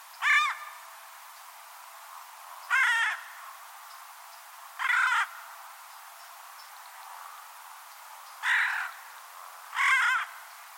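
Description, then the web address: Bird repeating five harsh, croaking caws at uneven intervals over steady faint hiss. "Deverinetal 2025 File origin Bird Only"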